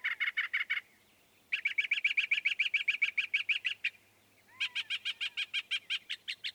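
Northern mockingbird song: a quick set of repeated harsh notes, a long fast chattering series, then a slower run of sharp chips.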